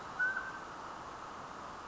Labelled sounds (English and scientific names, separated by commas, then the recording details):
Mountain Quail (Oreortyx pictus)
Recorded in Sonoma County, California